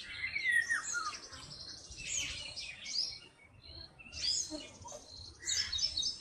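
Birds twittering and chirping in a busy mix, bursts of high notes coming and going across the few seconds.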